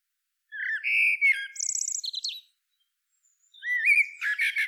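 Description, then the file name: Common blackbird song phrase of rich whistled notes followed by a rapid buzzy trill, then a pause before another mellow phrase begins. "Turdus merula"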